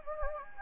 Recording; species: mosquito wingbeat signal from an infrared sensor; Anopheles gambiae